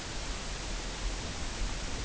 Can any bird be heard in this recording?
no